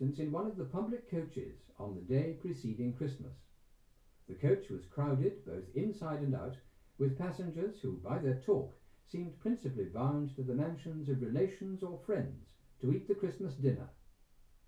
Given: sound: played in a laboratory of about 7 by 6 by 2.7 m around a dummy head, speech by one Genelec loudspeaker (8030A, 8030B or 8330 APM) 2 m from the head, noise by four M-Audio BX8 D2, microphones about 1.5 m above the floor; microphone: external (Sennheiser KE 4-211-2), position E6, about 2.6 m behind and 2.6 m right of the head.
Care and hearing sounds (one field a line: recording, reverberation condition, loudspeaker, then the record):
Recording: male speech in English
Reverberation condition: low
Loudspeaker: 150 degrees to the right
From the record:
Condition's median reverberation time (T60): about 310 ms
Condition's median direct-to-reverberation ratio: about 3.5 dB